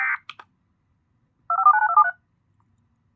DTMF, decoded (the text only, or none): 2549273